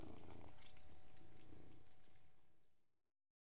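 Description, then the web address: Cat purr, a low rumbling hum mixed with light chewing sounds, fading out to silence near the end. Three cats purring while eating. "The BBC Sound Effects Library (Animals Birds) 3 cats eating and purring"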